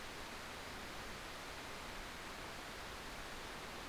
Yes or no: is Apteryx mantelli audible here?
no